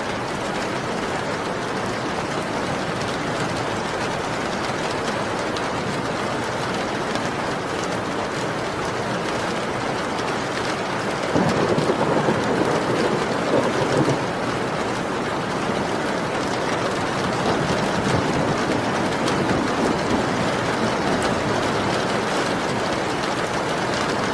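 Steady, dense rain patters against the windows throughout, a constant hiss with fine crackling drops. Around the eleven-second mark a low rumble of thunder rolls in and swells for a few seconds before fading back under the rain.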